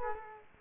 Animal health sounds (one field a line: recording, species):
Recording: mosquito wingbeat signal from an infrared sensor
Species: Culex quinquefasciatus